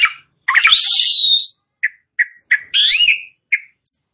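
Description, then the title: Asian pied starling giving a long harsh screech followed by short spaced chirps and one twisting whistled squeal, with silent gaps between notes. "Jalak Suren Langsung Bunyi"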